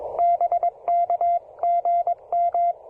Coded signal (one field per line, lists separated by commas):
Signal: Morse code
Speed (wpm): 19 wpm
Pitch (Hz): 700 Hz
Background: none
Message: BK GM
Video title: Field Portable POTA: Pairing the Yaesu FT-817ND, an End-Fed Half-Wave, and the Begali Traveler!